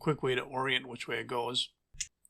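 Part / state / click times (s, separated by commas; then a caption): plastic choke lever onto chainsaw carburetor choke linkage / seated / 2.0 s. Someone talks while a red plastic choke lever, oriented with its tab facing down, is pressed onto the choke linkage of the carburetor on a Husqvarna 346XP chainsaw during a choke repair for a no-start problem. The lever snaps into place with a sharp click at 2.0 s, followed by a faint tick, and it is seated.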